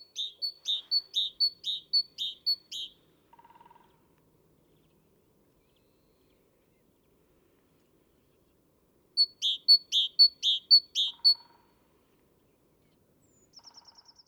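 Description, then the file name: Great tit repeating sharp two-note phrases in two series, with short lower notes and a thin high trill at the end. "Parus major"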